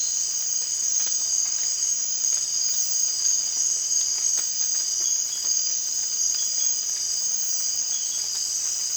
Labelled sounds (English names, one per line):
none